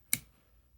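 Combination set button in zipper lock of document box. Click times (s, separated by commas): 0.1 s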